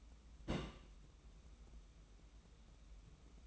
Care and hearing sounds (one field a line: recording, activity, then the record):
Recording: daily activity, microphone in the room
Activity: place on stove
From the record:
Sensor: 1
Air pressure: 994.5 hPa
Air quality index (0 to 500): 230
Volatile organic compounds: 1000 ppm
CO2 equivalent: 8292 ppm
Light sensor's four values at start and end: 146/334/149/163 and 146/334/149/163